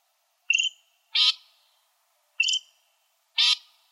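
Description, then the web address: Loggerhead shrike giving paired calls: a clear whistled note followed by a harsh buzzy burst, the pair given twice about two seconds apart, quiet background. "Shrikes Vireos LOSH"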